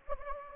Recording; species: mosquito wingbeat signal from an infrared sensor; Anopheles gambiae